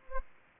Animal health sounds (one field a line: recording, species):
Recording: mosquito wingbeat signal from an infrared sensor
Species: Aedes aegypti